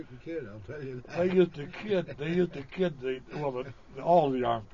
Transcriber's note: he laughs